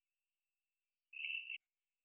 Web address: hylidae Dendrosophus-ebbraccatus